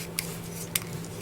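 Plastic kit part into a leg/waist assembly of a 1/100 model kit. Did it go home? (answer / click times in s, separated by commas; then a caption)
yes / 0.2 s, 0.8 s. A plastic model-kit part is slid into the leg/waist assembly of a 1/100 scale model kit and pressed all the way down until it seats and locks into place. Two sharp plastic clicks are heard at 0.2 s and 0.8 s, with a fainter tick near 1.2 s over a steady low hum.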